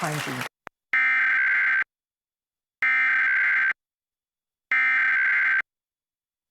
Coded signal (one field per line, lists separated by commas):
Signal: Emergency Alert System (SAME) tones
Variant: header bursts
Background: speech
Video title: National EAS Test in Pittsburgh Pennsylvania. 10/4/2023.